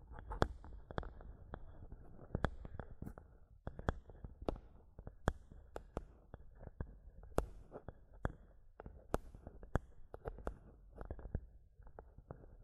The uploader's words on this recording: ASMR Mic Tapping and Scratching (No Talking).